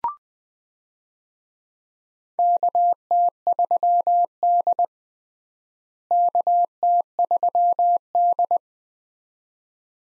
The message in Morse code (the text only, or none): KT3D KT3D